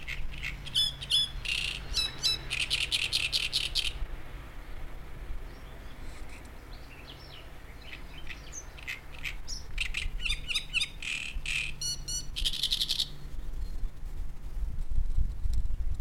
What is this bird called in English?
Great Reed Warbler